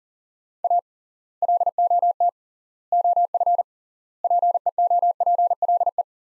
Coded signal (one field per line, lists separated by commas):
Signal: Morse code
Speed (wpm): 40 wpm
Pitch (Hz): 700 Hz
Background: none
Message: A LOT OF PEOPLE